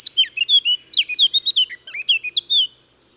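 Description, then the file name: Eurasian blackcap song: a fast, rich warble of sweet whistled and chattering notes jumping up and down, running continuously for nearly three seconds before stopping. "Sylvia atricapilla"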